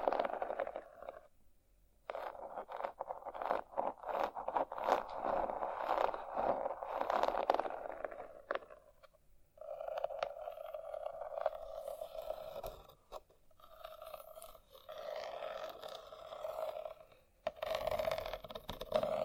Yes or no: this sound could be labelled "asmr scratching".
yes